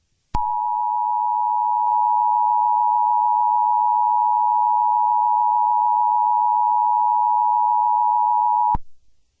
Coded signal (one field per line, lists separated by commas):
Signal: Emergency Alert System (SAME) tones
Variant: 853 and 960 Hz attention tone